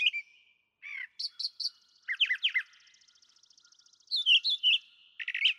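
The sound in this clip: Brown thrasher song: a run of repeated chips and slurred doubled phrases, with a soft fast trill running faintly underneath part of the passage.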